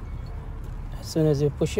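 A new headlight bulb for a 2017 Toyota RAV4 is handled at its wiring harness connector clip while someone talks over a low background rumble. Nothing has seated or clicked yet.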